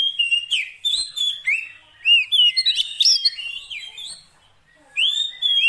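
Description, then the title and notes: Oriental magpie-robin singing loud, sweet whistles mixed with rapid chattering notes, the phrases running together before a brief pause and a fresh, rising start. Fill-in (isian) song meant to make the bird sing energetically (gacor) day and night. "Kacer Jadi Gacor Siang Malam. Isian Kacer"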